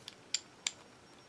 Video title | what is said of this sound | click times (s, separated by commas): S&W M&P Shield .380 EZ Tabletop Review | it just clicks right into place | 0.3 s, 0.7 s